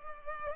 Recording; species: mosquito wingbeat signal from an infrared sensor; Culex pipiens